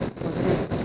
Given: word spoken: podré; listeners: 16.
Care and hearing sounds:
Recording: one Spanish word in noise, from a listening test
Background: noise modulated by three-talker babble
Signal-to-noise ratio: -4.1 dB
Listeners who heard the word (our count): 2 of 16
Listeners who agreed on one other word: 6 of 16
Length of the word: 0.45 s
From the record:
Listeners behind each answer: 6, 4, 2, 1, 1, 1, 1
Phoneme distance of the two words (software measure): 14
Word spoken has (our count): 2 syllables, 5 phonemes, stress on syllable 2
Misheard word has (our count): 2 syllables, 5 phonemes, stress on syllable 2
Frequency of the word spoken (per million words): 8.23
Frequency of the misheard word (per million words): 438.52

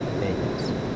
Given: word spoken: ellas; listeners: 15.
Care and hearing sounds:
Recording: one Spanish word in noise, from a listening test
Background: speech-shaped noise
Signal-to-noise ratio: -5.5 dB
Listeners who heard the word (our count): 1 of 15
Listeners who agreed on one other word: 10 of 15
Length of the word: 0.56 s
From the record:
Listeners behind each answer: 10, 1, 1, 1, 1, 1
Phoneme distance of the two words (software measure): 17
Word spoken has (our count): 2 syllables, 4 phonemes, stress on syllable 1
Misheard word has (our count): 2 syllables, 5 phonemes, stress on syllable 1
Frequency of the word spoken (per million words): 213.91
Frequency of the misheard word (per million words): 85.51

